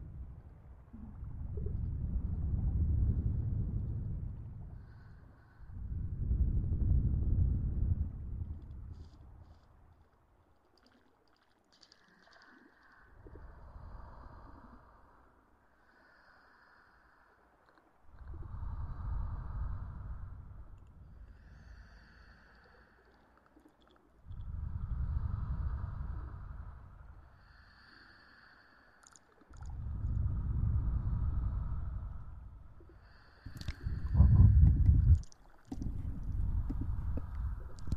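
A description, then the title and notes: ASMR ear play with mouth sounds: deep, muffled rubbing swells rise and fade roughly every five to six seconds, separated by near-quiet pauses. Soft airy hiss rides on several swells, and a sharp cluster of clicks and pops lands around 34 seconds. ASMR Mouth Sounds & Ear Play.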